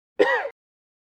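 A single short cough from an adult, about a third of a second long, opening with an abrupt burst and trailing off into a voiced, throaty tail. It is one isolated cough, with silence before and after.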